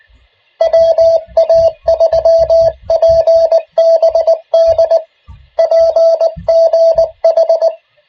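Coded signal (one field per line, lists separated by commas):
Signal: Morse code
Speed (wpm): 19 wpm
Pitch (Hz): 620 Hz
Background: radio noise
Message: WA3PBD PGH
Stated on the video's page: Morse code heard during a weekly club net night.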